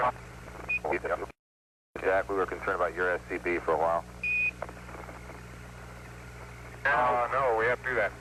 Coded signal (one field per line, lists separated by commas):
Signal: Quindar tones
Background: speech